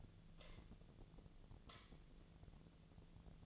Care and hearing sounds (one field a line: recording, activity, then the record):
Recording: daily activity, microphone in the room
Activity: light on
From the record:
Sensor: 4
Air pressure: 1010.6 hPa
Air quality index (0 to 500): 173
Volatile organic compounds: 5 ppm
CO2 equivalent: 1755 ppm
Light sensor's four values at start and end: 37/106/42/43 and 37/107/43/43